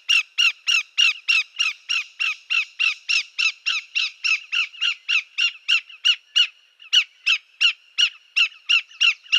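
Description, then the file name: Greater yellowlegs calling in a long, rapid series of ringing, clear notes, about three per second, with a brief pause partway through. "Greater Yellowlegs Tringa melanoleuca"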